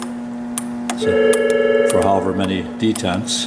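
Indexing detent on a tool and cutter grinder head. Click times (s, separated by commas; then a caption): 0.6 s. The head or spindle assembly of a Deckel Model S5 universal tool and cutter grinder is swung over to an indexing detent position, and a single sharp metallic tick at 0.6 s marks the detent clicking into place. Someone talks over a steady background hum, and the assembly is seated in the detent.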